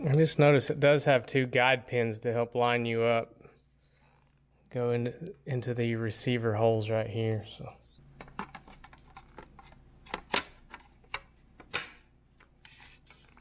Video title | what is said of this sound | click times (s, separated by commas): Permanent FIX! Black Sync Screen MKX/Edge | hear that snap it kind of locked right into place we'll replace our screws | 11.1 s